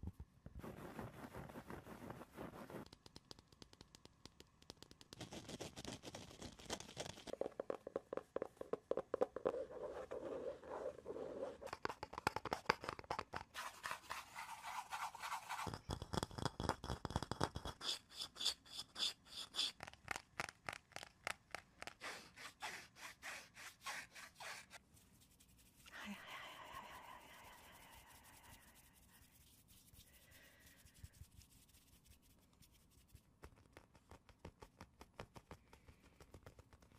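Tapping and scratching, with dense runs of quick taps and bursts of rough rubbing and scraping through the first half. Louder scratchy stretches come around 3, 7 and 16 seconds, then the sounds thin out into sparser, quieter taps and brief scrapes toward the end.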